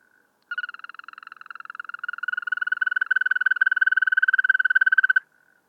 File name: Wechselkröte